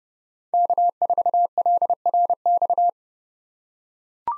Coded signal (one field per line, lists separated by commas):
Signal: Morse code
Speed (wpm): 31 wpm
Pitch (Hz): 700 Hz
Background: none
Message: K4LRX